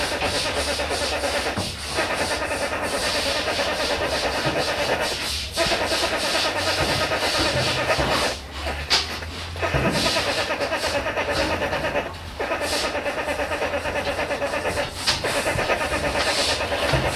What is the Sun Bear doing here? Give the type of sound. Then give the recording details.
call. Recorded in captivity. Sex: female. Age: juvenile. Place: Tierpark Berlin, Berlin, DE. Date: 1967-09-24. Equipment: Uher 4000 Report-S, Transistorverstärker II, Sennheiser MD 421. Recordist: Tembrock, Günter